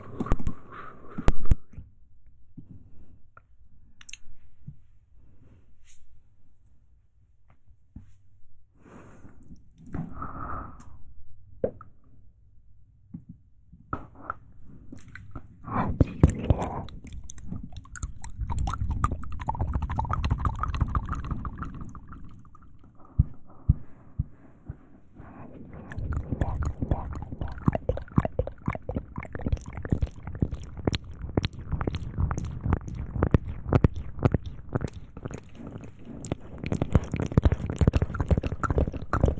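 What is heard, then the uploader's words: Wet mouth sounds: clicks, smacks and squishy chewing noises, sparse and quiet for the first fifteen seconds. From about sixteen seconds they grow louder and denser, with fast bursts of clicking and slurping that continue, rising and falling, through to the end. ASMR Christmas Special Edition, Mouth Sounds.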